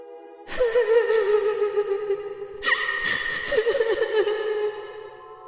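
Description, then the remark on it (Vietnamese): Muffled sniffling sobbing from someone sitting at a water tank at night: a wavering, whimpering cry that sustains for about two seconds, breaks with a sharp catch of breath, then trembles on again, steady and moderately loud with no talking. “Không có tiếng trả lời, chỉ có tiếng khóc sụt sịt của người đó vẳng lại.”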